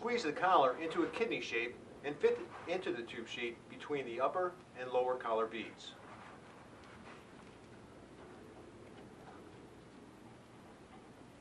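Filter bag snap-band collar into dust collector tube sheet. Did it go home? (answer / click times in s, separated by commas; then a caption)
no / none. A filter bag's snap-band collar is squeezed into a kidney shape and fitted into a dust collector tube sheet, between the upper and lower collar beads. Someone talks for the first six seconds, then only a low, steady background hiss remains. Nothing has snapped into place yet.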